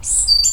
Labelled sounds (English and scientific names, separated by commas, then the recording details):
Stitchbird (Notiomystis cincta) song
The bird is a male
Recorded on Tiritiri Matangi Island, New Zealand, in 2005
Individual 20, of nest box 28